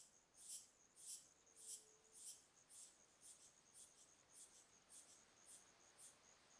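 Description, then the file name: Crickets and cicadas: steady high-pitched pulses repeating roughly every half second, with a continuous thin high whine behind them and a brief soft low tone early on. Crickets and cicadas calling rhythmically. "Grilos e cigarras ritmicas"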